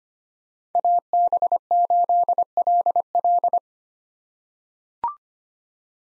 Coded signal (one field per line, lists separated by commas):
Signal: Morse code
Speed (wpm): 25 wpm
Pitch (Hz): 700 Hz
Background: none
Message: AB8LL